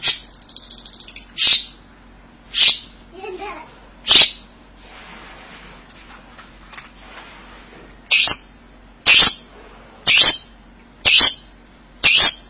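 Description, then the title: Bird giving short harsh bursts, a few irregularly spaced at first, then after a quieter gap repeated roughly once a second from about eight seconds on. "burung"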